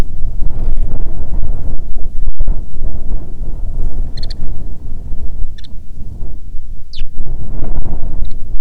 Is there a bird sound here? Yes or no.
yes